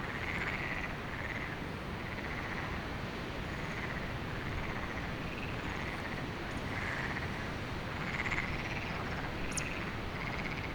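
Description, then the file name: A frog chorus of repeated pulsing calls rising and falling in waves, partly masked by constant wind noise. Frogs at night at Lagoa do Canário in windy conditions; binaural recording. "Lagoado Canario frogs"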